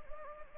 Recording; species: mosquito wingbeat signal from an infrared sensor; Anopheles arabiensis